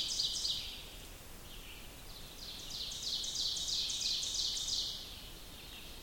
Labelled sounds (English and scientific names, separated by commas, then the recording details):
Ovenbird (Seiurus aurocapilla) song
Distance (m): 45 m
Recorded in boreal forest in Alberta, Canada, on 2 June 2016 at 06:19
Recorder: SongMeter 3, array SBT-3-7
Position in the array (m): -2 m, 87 m
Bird 7